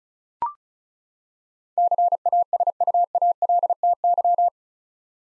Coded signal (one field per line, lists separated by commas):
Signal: Morse code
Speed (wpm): 34 wpm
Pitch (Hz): 700 Hz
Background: none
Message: CASUALTY